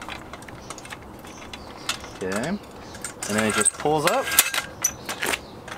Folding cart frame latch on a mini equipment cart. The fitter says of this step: clicks into place down